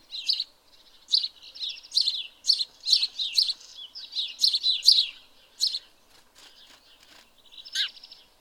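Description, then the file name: House sparrow chirps, rapid run of rhythmic chirrups for several seconds, then scattered quieter notes and one loud chirp. "Passer domesticus"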